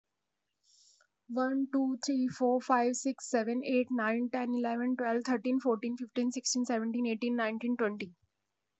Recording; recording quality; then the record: counting at a fast pace; excellent, no background noise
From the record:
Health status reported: exposed to COVID-19, no respiratory illness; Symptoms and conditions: none ticked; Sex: female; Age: 27 years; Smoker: not ticked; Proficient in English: yes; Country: India